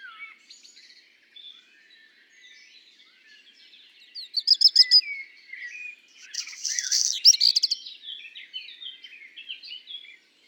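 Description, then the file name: Black redstart song: rapid high repeated notes, then a raspy crackling burst with a trailing flourish, over continuous low warbled song from a blackbird. Recorded singing alongside a singing common blackbird at Le Puech on 5 June 2021. "chant de rougequeue noir de merle noir Le Puech"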